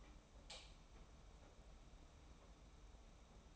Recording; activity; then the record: daily activity, microphone in the room; light on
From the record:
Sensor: 1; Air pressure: 991.0 hPa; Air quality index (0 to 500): 109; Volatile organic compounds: 103 ppm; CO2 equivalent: 3772 ppm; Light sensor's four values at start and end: 23/51/22/24 and 26/66/27/29